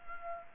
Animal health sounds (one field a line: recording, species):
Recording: mosquito wingbeat signal from an infrared sensor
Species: Culex pipiens